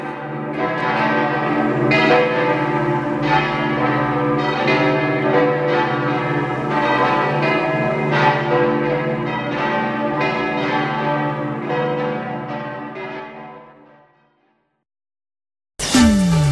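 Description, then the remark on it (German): A full peal of seven church bells rings together from the tower of the church of Malz, a dense, overlapping clangor of deep and high tones that swells steadily, then fades away before a brief, unrelated sound cuts in. “Aus dem Turm der Kirche von Malz erklingen 7 Glocken.”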